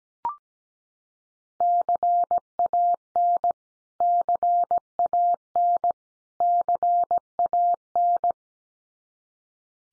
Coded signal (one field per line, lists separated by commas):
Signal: Morse code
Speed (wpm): 17 wpm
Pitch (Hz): 700 Hz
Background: none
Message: CAN CAN CAN